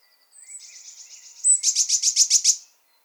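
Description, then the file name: Eurasian blue tit call: a soft buzzy trill, then one high note and a louder, evenly pulsed churring rattle of about eight beats. "Cyanistes caeruleus"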